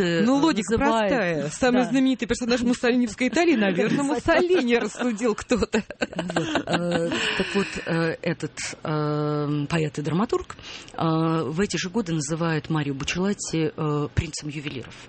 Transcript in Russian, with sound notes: Ну, логика простая: самый знаменитый человек Муссолиньевской Италии, наверное, Муссолини, - рассудил кто-то. (Смеётся)
Так вот, этот поэт и драматург в эти же годы называет Марио Буччеллати «Принцем ювелиров».